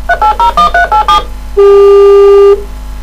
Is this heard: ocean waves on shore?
no